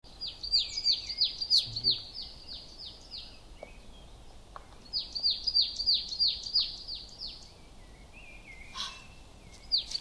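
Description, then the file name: Marsh tit calling in two long bursts of sharp, high, downslurred notes, each note rapidly repeated, with a brief lower note after the second burst and a steady background hiss. "Poecile palustris"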